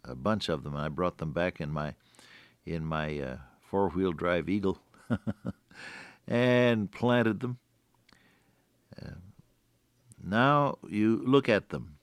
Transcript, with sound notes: bunch of them. And I brought them back in my four wheel drive Eagle. [chuckle] And planted them. Now you look at them